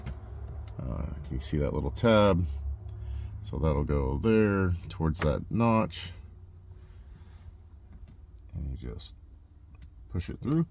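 Someone talks while a crimped wire terminal for a Jeep TJ high fan speed relay set-up is lined up so its little tab faces the notch in a plastic relay connector plug. Only faint handling noise is heard between the speech. The terminal has not been pushed home, and nothing has seated or clicked yet.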